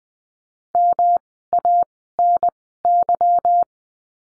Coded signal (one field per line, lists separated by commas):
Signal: Morse code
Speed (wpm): 20 wpm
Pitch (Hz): 700 Hz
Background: none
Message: MANY